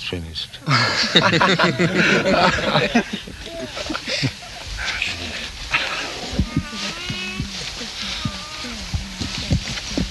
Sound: laughter

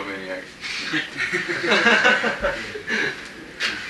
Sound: laughter

